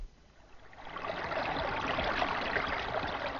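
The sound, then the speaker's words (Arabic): Steady rushing of the flowing Tigris River at its bank, a broad hiss that swells in after a quiet start and then holds an even, continuous babble with no voices. “من موافقة عطارد على خروجك إلى شاطئ نهر دجلة.”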